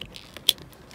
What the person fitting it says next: Ça clipse, c'est bien attaché.